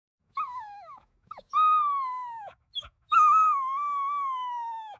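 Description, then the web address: Dog: puppy whining in long tonal wails that start higher and slide gently downward, with brief yelps between the drawn-out cries. "cachorrinho"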